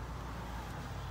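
A folding rear seat in a 2010 Prado Kakadu SUV is held down against its vehicle floor mount so its latch can engage. Only a steady, low, broadband rumble is heard, with no distinct hits. Nothing has seated or clicked into place yet.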